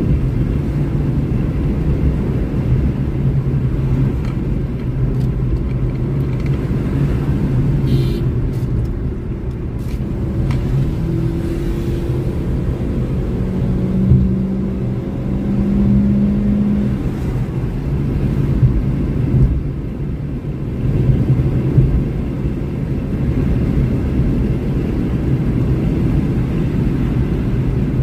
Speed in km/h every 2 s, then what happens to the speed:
112, 108, 103, 105, 73, 85, 93, 100, 105, 109, 113, 118, 122, 115.
0-8 brakes to 73. 8-23 speeds up to 122. 25-28 brakes to 115.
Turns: none.